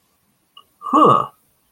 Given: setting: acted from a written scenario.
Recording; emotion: vocal sound without words; interest